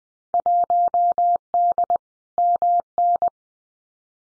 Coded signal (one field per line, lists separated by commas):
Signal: Morse code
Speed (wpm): 20 wpm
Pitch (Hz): 700 Hz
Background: none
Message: 1D MN